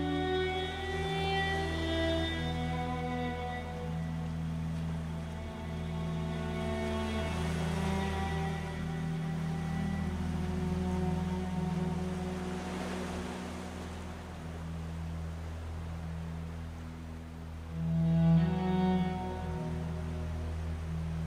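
Cello music plays over the sound of the sea, in long, slow, held notes with a low sustained tone underneath. The notes shift only every few seconds, with a brief swell near the end, while a steady wash of surf hisses throughout.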